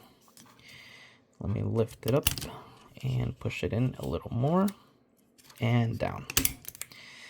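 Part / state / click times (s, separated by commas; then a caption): laptop RAM module into SO-DIMM slot / seated / 6.7 s, 6.8 s. A laptop RAM module in a Dell Inspiron 2-in-1 (AMD Ryzen 8000, 32GB upgrade) is lifted, pushed further into its SO-DIMM slot and pressed down while someone talks. Sharp clicks at 6.7 s and 6.8 s mark the module snapping into its retaining clips. The module is seated, with both retaining teeth sitting in its notches.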